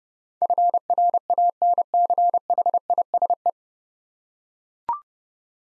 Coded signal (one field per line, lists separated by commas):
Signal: Morse code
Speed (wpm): 30 wpm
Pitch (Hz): 700 Hz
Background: none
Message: FRANCHISE